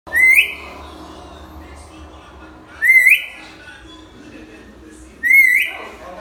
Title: Suara Burung Beo Gacor Cocok Untuk Masteran